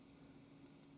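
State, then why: Not seated. A flex cable connector is brought down toward the socket on a Galaxy Note 3 smartphone board during handling, and light faint ticks are heard over a steady low hum. Nothing has seated or clicked yet.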